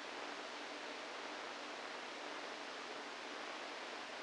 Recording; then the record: brain microelectrode recording played as sound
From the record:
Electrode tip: inside the subthalamic nucleus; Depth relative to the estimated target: 1 mm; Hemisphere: right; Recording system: NeuroSet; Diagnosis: Parkinson's disease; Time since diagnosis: 7 years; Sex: female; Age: 68 years